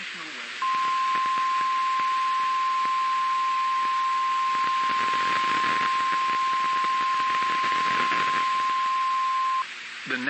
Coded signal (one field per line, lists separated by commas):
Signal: Emergency Alert System (SAME) tones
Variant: 1050 Hz attention tone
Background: speech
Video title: AM I GOING INSANE?! - Weather Alerts from 8/13/2025 (EAS #432-#441)